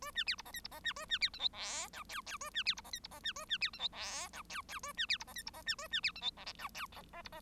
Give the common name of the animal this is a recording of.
Bengalese Finch